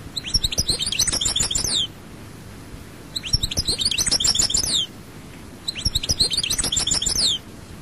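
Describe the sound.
European goldfinch song: bursts of about 1.5 seconds of rapid, high, tinkling twitters and buzzy trills, repeated three times with short pauses between.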